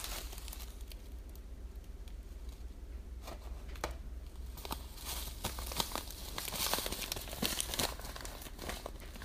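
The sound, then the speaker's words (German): A plastic bag of panko crumbs is crinkled and torn open, with bursts of sharp, crackly rustling that grow busier toward the end, no voices present. “Wenn die Schere weg ist, muss man improvisieren. Panko-Mehl dazu.”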